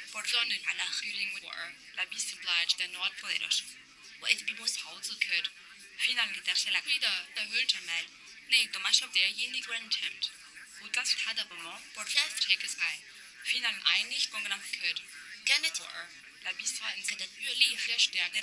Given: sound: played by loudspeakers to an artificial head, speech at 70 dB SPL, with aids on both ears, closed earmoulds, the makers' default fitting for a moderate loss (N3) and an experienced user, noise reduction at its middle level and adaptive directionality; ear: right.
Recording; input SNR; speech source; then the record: speech test signal (ISTS) in cocktail-party noise; +3 dB; in front (0 degrees)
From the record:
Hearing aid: class 2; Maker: H